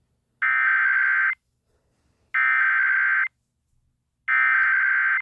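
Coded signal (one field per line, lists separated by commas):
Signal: Emergency Alert System (SAME) tones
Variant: header bursts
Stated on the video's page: Severe thunderstorm EAS alert relayed on KCBS.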